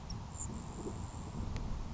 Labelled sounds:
Grasshopper Sparrow (Ammodramus savannarum)
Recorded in Sonoma County, California

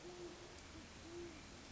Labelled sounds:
Great Horned Owl (Bubo virginianus)
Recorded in Sonoma County, California

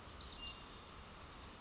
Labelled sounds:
Bewick's Wren (Thryomanes bewickii)
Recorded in Sonoma County, California

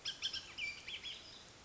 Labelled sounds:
Bullock's Oriole (Icterus bullockii)
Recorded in Sonoma County, California

